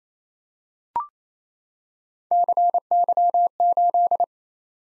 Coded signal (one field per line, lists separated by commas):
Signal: Morse code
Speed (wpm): 27 wpm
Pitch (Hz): 700 Hz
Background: none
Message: CY8